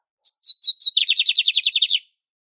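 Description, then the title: Lined seedeater song: a few thin high whistled notes leading into a fast, even run of many buzzy chipping notes, then silence. Classic song style, used for warming up and training birds. "CANTO DO BIGODINHO - CANTO CLÁSSICO - ESQUENTAR/ENCARTE"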